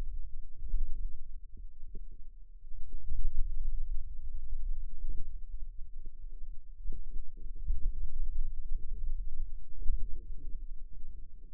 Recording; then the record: forearm muscle sounds (acoustic myography)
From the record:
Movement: hand closing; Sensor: system 2, bracelet of six BSWA MPA416 microphones around the upper forearm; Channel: 1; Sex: female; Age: 21 years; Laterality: right